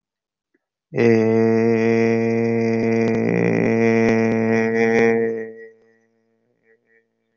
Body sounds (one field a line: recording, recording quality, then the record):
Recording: sustained vowel as in made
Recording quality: excellent, no background noise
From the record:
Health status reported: healthy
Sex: male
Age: 27 years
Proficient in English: yes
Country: India